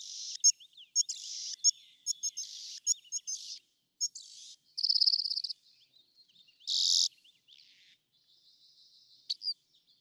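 Rock wren song: a rapid series of short high notes, then several longer harsh buzzy notes, with short pauses between them.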